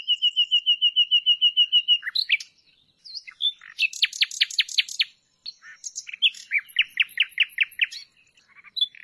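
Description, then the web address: Common nightingale song opening with a fast run of identical piping notes, then varied chirps and rapid repeated sweeping notes, in quick-changing phrases. "nachtigall"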